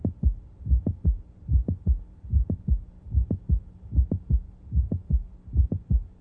The mid-systolic mitral valve prolapse arises secondary to an imbalance between the length of the mitral apparatus and left ventricular volume. As a result, the mitral valve slips, making a high frequency sound somewhere between S1 and S2. It's a high frequency, sharp sound, exactly between S1 and S2.